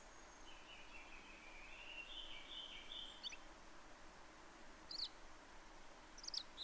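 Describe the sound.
Townsend's solitaire song: a long, rambling warbled phrase of about three seconds, then a few short high thin notes, over steady background hiss.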